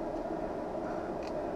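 A freshly cut, dried plastic 1.67 Zeiss PhotoFusion Blue prescription lens with DuraVision Blue Protect coating is lined up at the outside corners of an Oakley 8149 Pitchman R Carbon eyeglass frame rim before being pushed in with the thumbs. A steady broadband hiss runs throughout, with a faint, brief higher-pitched rustle around 1.3 seconds. The lens has not snapped into the rim yet.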